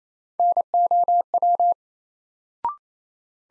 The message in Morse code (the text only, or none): NOW